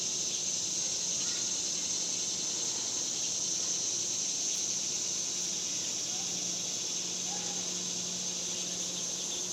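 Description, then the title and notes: Cicadas droning in an unbroken shrill buzz throughout, a faint steady low hum beneath, and a couple of brief faint chirps from other creatures. Cicadas recorded outdoors in summer in the suburbs. "Ext Summer Cicadas, Suburbs by Bandeto"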